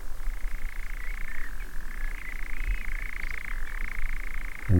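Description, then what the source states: European nightjar churring, a long continuous mechanical trill held at one pitch with two brief dips partway, over low background rumble. Churring at dusk while perched on top of a little twig; described as an eerie, unearthly chirr; near a field of sheep and a big oak tree.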